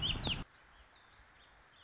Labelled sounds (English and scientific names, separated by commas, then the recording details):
Warbling Vireo (Vireo gilvus)
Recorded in Sonoma County, California